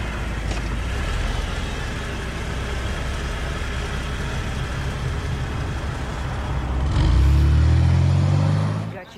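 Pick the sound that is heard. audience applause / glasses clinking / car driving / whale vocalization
car driving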